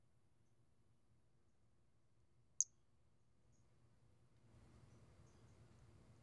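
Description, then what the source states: Pumpkin toadlet: one short high chirp midway and another at the very end, in otherwise near silence. 4 February 2016.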